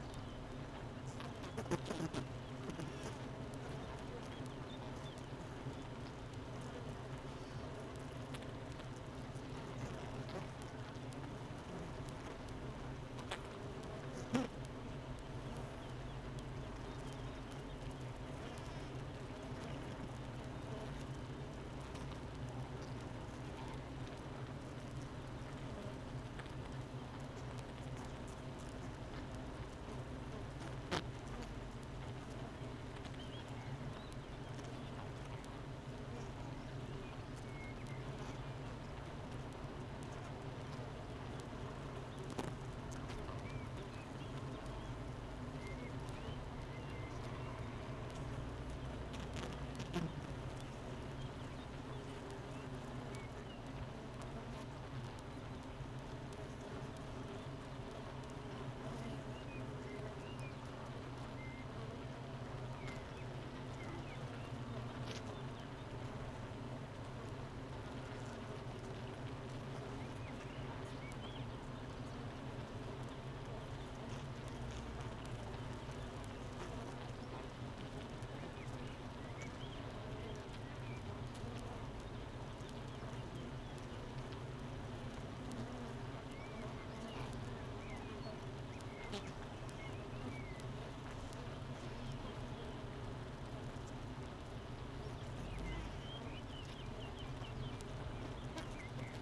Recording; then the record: honeybee colony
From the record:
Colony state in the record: missing queen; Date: 31 May 2018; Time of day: 8:35